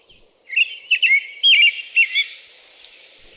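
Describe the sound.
American robin song: a short series of warbled whistled notes, slurred up and down, fading into a thin trailing hiss at the end.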